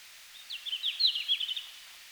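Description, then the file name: Red-flanked bluetail sings a short, rapid phrase of high slurred notes, about a second long, with little else heard. Finland, 17 June 2019, 17:00. "Robin à flancs roux-20190617-1700-Finlande"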